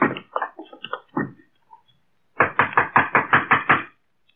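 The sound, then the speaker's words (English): Loud knocking on a door: a first uneven series of raps, a short pause, then a quicker, steady run of about eight firm knocks, with no voices. “Who is it? You'll open the door”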